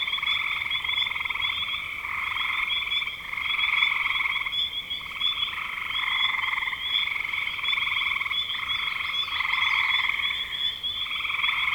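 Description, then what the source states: Many frogs trilling at once, a steady rattling chorus with faint dips, a thin higher chirp briefly heard near the end. Recorded in spring 2025.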